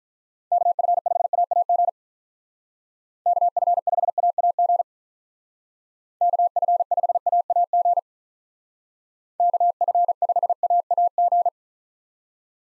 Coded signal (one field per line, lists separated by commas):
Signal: Morse code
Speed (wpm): 45 wpm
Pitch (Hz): 700 Hz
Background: none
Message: KF5AAG KF5AAG KF5AAG KF5AAG